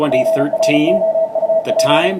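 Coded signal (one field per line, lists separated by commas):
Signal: Morse code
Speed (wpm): 34 wpm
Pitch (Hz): 650 Hz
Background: speech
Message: GROUP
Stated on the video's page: Off-air HF reception in the afternoon on 20 through 10 meters, bands open, including a contact with Chile.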